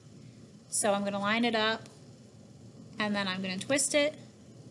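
An interchangeable camera lens is being lined up with the camera body's bayonet mount, to be twisted until its lock engages, while someone talks throughout. No click is heard, and nothing has seated or clicked yet by the end.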